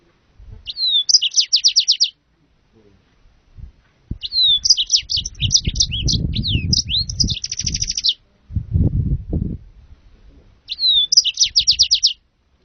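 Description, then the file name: Yellow-fronted canary song in three bursts: short phrases of a slurred note and quick rattling trill, with a longer varied twitter between them, over low rumbling noise. "serinus mozambicus"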